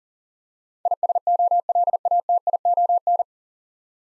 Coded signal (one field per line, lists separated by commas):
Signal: Morse code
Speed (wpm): 40 wpm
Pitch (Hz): 700 Hz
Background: none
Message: ISOLATION